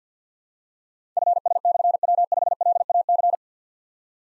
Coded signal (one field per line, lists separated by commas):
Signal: Morse code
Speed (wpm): 51 wpm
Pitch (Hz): 700 Hz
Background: none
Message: FS/W5LAC